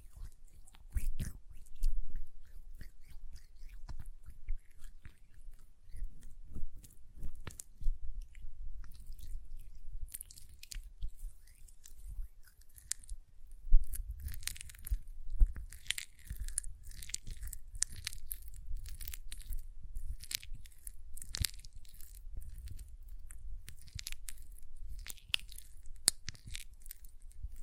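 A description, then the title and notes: Hand sounds with nail tapping and lotion: a stream of small, sharp clicks and moist, crackly squelches. Sparse and quiet for the first dozen seconds, it grows busier and brighter after about 13 seconds, with rapid irregular taps and soft rubbing throughout. Hand Sounds, Nail Tapping and Lotion Sounds.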